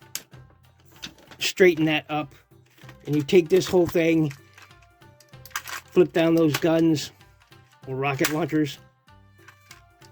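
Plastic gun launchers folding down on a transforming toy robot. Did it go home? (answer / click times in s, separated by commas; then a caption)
yes / 9.7 s. Someone talks while folding down the plastic gun or rocket launchers on a 1997 Transformers Machine Wars Optimus Prime toy robot during transformation, with small handling clicks and taps between phrases. The launchers lock into place with a satisfying click at 9.7 s.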